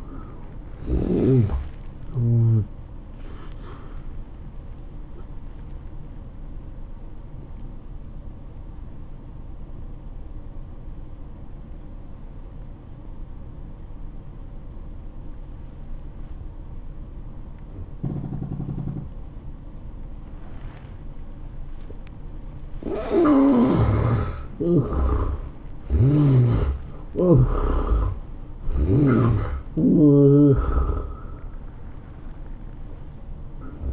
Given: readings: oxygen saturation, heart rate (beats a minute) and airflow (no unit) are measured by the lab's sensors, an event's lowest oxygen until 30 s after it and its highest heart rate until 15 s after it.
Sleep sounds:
breathing in sleep by a smartphone at the bedside; 1
3.00-24.30 s: obstructive apnea (N1, oxygen 97% highest, then 78% lowest, heart rate 108 at the start, 110 highest)
From the record:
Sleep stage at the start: N1 (lightest sleep); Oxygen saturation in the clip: 74 to 97%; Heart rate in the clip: 90 to 110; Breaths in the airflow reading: 5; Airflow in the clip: -12.6 to 12.5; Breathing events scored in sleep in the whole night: 403 in 5.5 hours asleep

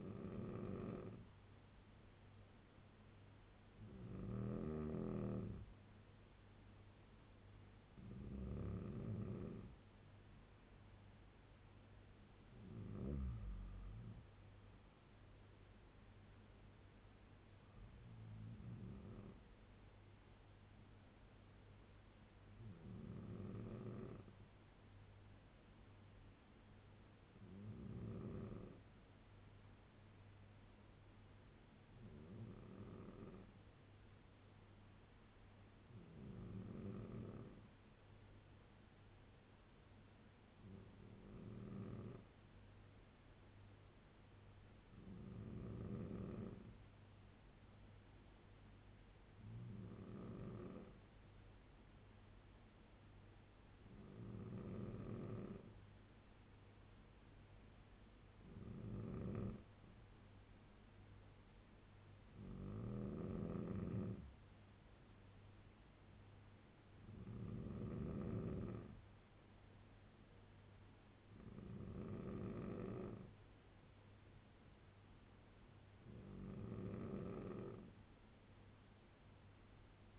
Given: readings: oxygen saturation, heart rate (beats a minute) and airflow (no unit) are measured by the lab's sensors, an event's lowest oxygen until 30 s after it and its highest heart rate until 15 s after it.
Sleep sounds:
breathing in sleep by a voice recorder at the bedside; 1
26.00-54.00 s: hypopnea (N3, oxygen 96% highest, then 93% lowest, heart rate 65 at the start, 75 highest)
54.00-80.18 s: new sleep stage, N2 (light sleep)
From the record:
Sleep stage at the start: N3 (deep sleep); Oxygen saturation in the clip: 93 to 96%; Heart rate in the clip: 65 to 78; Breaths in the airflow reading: 18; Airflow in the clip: -5.5 to 10.5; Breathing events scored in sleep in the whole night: 201 in 6.5 hours asleep

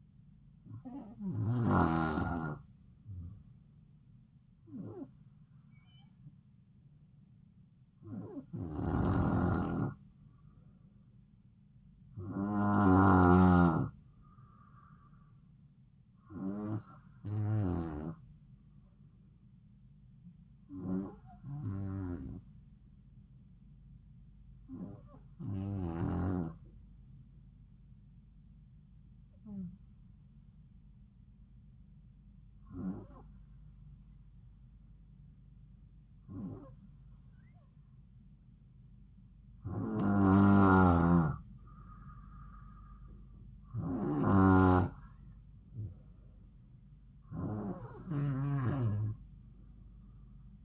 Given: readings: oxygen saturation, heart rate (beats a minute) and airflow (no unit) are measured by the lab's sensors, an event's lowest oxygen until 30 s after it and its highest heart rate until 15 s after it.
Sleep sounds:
breathing in sleep by a smartphone at the bedside; 1
22.00-39.60 s: hypopnea (N2, oxygen 94% highest, then 91% lowest, heart rate 68 at the start, 71 highest)
From the record:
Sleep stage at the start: N2 (light sleep); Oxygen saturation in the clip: 92 to 94%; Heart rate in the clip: 66 to 72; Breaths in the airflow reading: 13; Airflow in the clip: -4.3 to 4.7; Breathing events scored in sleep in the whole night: 270 in 6.1 hours asleep

